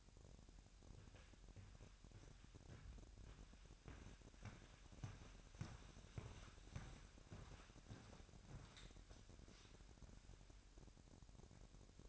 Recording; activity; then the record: daily activity, microphone in the room; walk to room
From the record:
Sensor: 2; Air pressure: 1012.1 hPa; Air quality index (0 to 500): 154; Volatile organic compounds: 2 ppm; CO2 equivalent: 1112 ppm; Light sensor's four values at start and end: 81/193/79/77 and 79/189/78/76